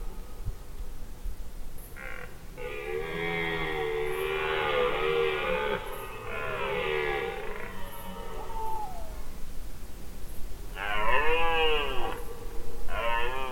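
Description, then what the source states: Red deer stag roaring: a long, rough, drawn-out roar, a pause, then two shorter roars. Rutting stags' vocal contests at night in autumn, around 11 pm, forêt de Rambouillet, France; confrontations growing more intense as the moon rises.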